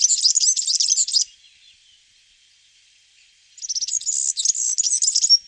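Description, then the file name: European serin song in two bursts of fast, high, glassy jingling notes separated by a pause of about two seconds. "kulczyk"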